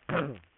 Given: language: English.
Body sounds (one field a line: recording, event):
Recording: throat vibration sensor signal played as sound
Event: throat clearing